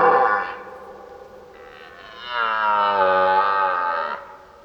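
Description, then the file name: Deer roar: a loud, drawn-out bellow with rich overtones that swells, holds for almost two seconds, then stops abruptly. "Burlen herten"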